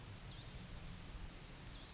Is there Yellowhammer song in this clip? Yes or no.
no